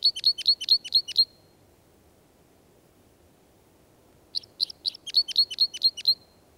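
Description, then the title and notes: Red Crossbill calls: a rapid run of clipped, high metallic chips, then a pause and a second similar burst. "Pikkukäpylintu. Viikon luontoäänen esitteli Pekka Toikka"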